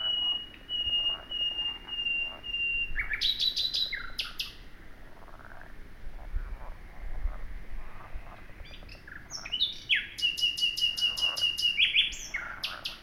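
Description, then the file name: Common nightingale song with sustained pure whistles followed by rapid repeated high notes, pausing between phrases, over steady low background noise. "Luscinia megarhynchos"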